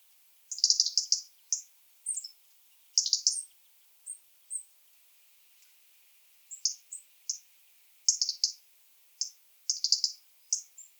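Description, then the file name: European robin with high, sweet, tumbling phrases of quick notes, delivered in irregular bursts with brief pauses between them. "Erithacus rubecula"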